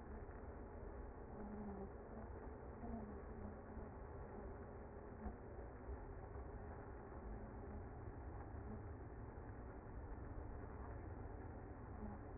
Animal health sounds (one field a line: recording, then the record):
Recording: honeybee colony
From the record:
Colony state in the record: active